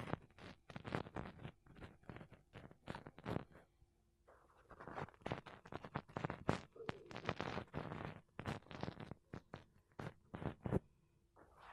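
Makeup brushes and a sponge rub across a microphone in quick, scratchy strokes that come in dense runs, with a brief lull around the fourth second. The rustling is bright and papery, over a faint, steady low hum.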